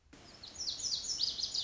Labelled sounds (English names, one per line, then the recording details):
Lazuli Bunting
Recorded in Sonoma County, California